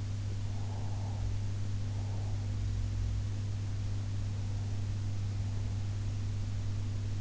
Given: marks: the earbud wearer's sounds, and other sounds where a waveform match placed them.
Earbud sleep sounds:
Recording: sounds in sleep by an in-ear microphone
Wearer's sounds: breath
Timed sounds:
0.52-2.39 s: breath

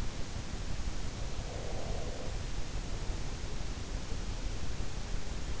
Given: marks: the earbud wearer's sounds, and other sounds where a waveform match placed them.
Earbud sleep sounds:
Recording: sounds in sleep by an in-ear microphone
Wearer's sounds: breath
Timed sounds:
1.46-2.37 s: breath

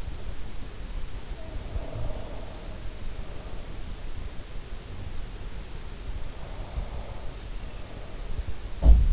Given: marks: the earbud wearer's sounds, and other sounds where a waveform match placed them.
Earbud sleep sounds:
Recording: sounds in sleep by an in-ear microphone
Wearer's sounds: breath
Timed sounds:
1.17-4.35 s: breath
6.20-9.13 s: breath

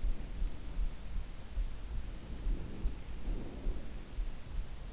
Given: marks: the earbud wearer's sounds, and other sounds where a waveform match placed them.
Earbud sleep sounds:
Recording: sounds in sleep by an in-ear microphone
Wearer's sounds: breath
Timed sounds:
2.12-4.17 s: breath

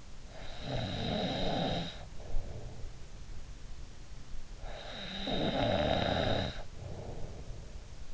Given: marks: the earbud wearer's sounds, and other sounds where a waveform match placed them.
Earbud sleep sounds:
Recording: sounds in sleep by an in-ear microphone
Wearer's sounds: snoring breath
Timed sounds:
0.00-3.40 s: snoring breath
4.02-7.91 s: snoring breath

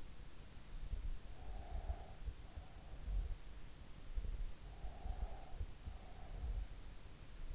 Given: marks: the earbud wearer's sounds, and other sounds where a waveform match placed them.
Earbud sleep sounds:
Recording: sounds in sleep by an in-ear microphone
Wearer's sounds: breath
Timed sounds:
1.10-2.83 s: breath
4.67-6.60 s: breath

